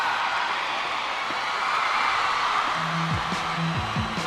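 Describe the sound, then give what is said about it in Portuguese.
A large crowd applauds and cheers in a steady, dense roar that holds for several seconds, with a few low wavering hoots or whoops rising through it near the end. “Um forte aplauso, Santiago!”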